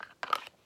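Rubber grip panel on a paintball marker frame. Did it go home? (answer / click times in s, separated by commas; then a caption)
yes / 0.2 s, 0.3 s. A rubber grip panel is pressed back onto the frame of a Dye M3 paintball marker after being removed. A short, crunchy snap is heard at 0.2 s and 0.3 s as the grip seats back into place easily.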